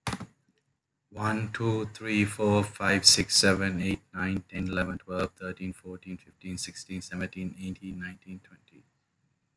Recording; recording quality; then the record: counting at a normal pace; excellent, no background noise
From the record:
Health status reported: respiratory illness, not identified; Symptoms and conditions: cough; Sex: male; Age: 32 years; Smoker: yes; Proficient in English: yes